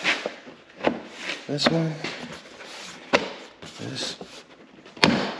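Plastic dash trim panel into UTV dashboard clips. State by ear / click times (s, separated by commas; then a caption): seated / 5.0 s. Someone talks while pushing the front of a plastic dash trim panel into its dashboard clips on a 2026 Can-Am HD11 Defender Limited UTV after a stiff fit, with lighter knocks at 0.9 s and 3.2 s. A single sharp snap at 5.0 s marks the panel seating into place.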